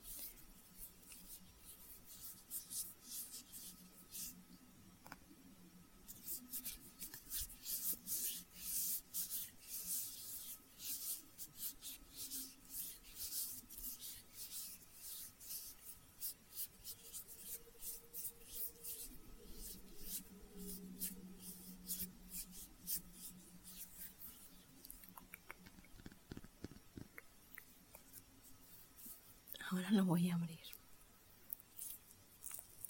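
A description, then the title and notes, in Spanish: Someone eats a banana, with soft, wet chewing and mouth clicks that come thick and fast from about six seconds to twenty-seven seconds. A low murmur sits underneath, and a short voiced sound slides downward near thirty seconds. ASMR comiendo una banana.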